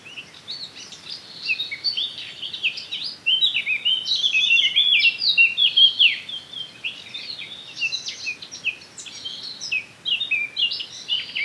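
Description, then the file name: Eurasian blackcap song, a dense, fast stream of varied high warbles and sweeping notes, rising and falling in loudness throughout. "Sylvia atricapilla"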